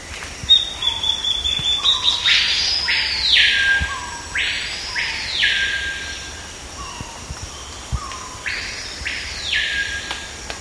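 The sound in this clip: Bird calls: a short run of high, rapid chip notes at the start, then several harsh, broad rasping sweeps spaced a few seconds apart.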